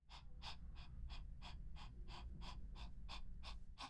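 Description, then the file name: Dog panting: quick, even breathy huffs, about two or three each second, continuing steadily throughout. "Perro jadeo"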